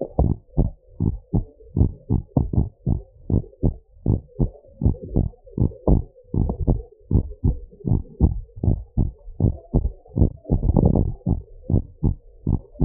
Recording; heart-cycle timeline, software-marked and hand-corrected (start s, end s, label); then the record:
heart sounds
0.00	0.19	diastole
0.19	0.35	S1
0.35	0.59	systole
0.59	0.69	S2
0.69	1.03	diastole
1.03	1.15	S1
1.15	1.35	systole
1.35	1.45	S2
1.45	1.77	diastole
1.77	1.89	S1
1.89	2.11	systole
2.11	2.21	S2
2.21	2.55	diastole
2.55	2.67	S1
2.67	2.87	systole
2.87	2.99	S2
2.99	3.33	diastole
3.33	3.43	S1
3.43	3.65	systole
3.65	3.75	S2
3.75	4.09	diastole
4.09	4.21	S1
4.21	4.41	systole
4.41	4.51	S2
4.51	4.85	diastole
4.85	4.97	S1
4.97	5.17	systole
5.17	5.29	S2
5.29	5.61	diastole
5.61	5.71	S1
5.71	5.89	systole
5.89	6.03	S2
6.03	6.37	diastole
6.37	6.51	S1
6.51	6.69	systole
6.69	6.79	S2
6.79	7.13	diastole
7.13	7.25	S1
7.25	7.45	systole
7.45	7.57	S2
7.57	7.91	diastole
7.91	8.01	S1
8.01	8.21	systole
8.21	8.33	S2
8.33	8.67	diastole
8.67	8.79	S1
8.79	8.99	systole
8.99	9.11	S2
9.11	9.43	diastole
9.43	9.55	S1
9.55	9.75	systole
9.75	9.83	S2
9.83	10.17	diastole
10.17	10.31	S1
10.31	10.49	systole
10.49	10.57	S2
10.57	10.83	diastole
10.83	11.01	S1
11.01	11.27	systole
11.27	11.39	S2
11.39	11.73	diastole
11.73	11.85	S1
11.85	12.05	systole
12.05	12.15	S2
12.15	12.49	diastole
12.49	12.61	S1
12.61	12.81	systole
12.81	12.85	S2
From the record:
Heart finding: normal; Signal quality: good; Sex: male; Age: 79 years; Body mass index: 24.3